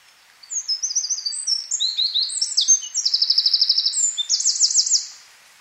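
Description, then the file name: Eurasian wren singing one rapid, shrill phrase of tumbling high notes broken by two hard, even trills, about four and a half seconds long. "Troglodytes troglodytes"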